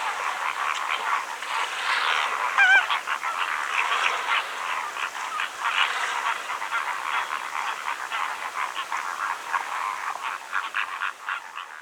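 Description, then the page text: Greater flamingos honking together, a continuous babble of nasal, goose-like calls overlapping, with one clearer wavering note standing out near the start. "Greater Flamingo Calls. Quick Sounds"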